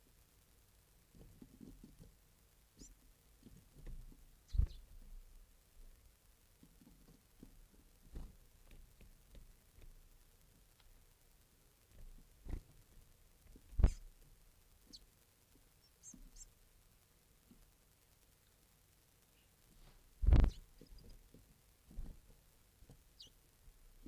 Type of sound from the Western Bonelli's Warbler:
begging call